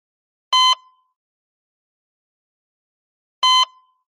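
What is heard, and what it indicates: Two short, bright electronic beeps sound about three seconds apart against silence, each with a brief fading tail. This is a heart monitor chiming with each detected beat. No flatline tone is heard.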